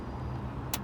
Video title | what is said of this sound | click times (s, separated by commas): 2016 16 MERCEDES-BENZ GLC-CLASS 2.1 GLC 220 D 4MATIC SPORT 5D 168 BHP/LO16 FFY | and latch, and there you go, that is now locked. | 0.7 s